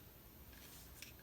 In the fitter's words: You can fold that up and you can hear it click into place.